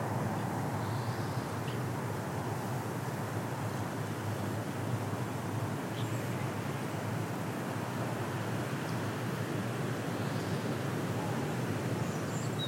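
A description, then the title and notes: A walk on a beach, filled with a dense, steady low rushing roar that holds at the same level throughout, like surf and wind. Faint, brief high chirps from a bird break through now and then, around the first, sixth and tenth seconds. The Song Of The Eurasian Wren. Walking on a beach in Rhu, just outside of Helensburgh Scotland.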